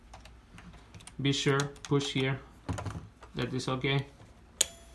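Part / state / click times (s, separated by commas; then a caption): film insert cover closing onto the medium-format film back / seated / 4.6 s. Someone talks while closing the cover of a loaded 120 film insert onto the medium-format film back of a Mamiya 645 1000s, with faint small ticks and handling noises underneath. At 4.6 s the cover latches shut with a single sharp click, and the insert is seated.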